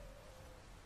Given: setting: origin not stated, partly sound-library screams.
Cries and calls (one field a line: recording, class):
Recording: one-second piece from a danger detection set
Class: normal situation